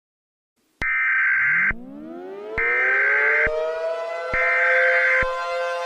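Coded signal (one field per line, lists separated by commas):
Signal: Emergency Alert System (SAME) tones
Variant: header bursts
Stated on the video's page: Fictional EAS scenario.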